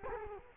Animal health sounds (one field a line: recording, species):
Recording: mosquito wingbeat signal from an infrared sensor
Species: Culex quinquefasciatus